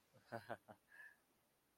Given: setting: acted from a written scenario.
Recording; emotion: vocal sound without words; embarrassment